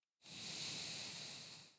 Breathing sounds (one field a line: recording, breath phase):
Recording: one breath near a microphone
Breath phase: exhalation